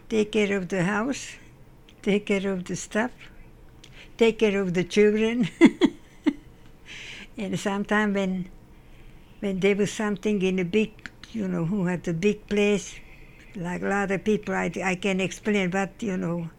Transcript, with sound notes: Take care of the house, take care of the stuff... take care of the children.. (Laughs) And sometimes when, when there was something in the big, you know, who had the big place, like a lot of people, I cant explain, but, you know.